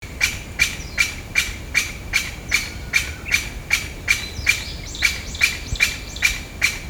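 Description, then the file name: Chinese bamboo partridge calling, a loud series of sharp, ringing notes repeated about two or three times a second, steady and insistent, with faint background noise. "kojukei"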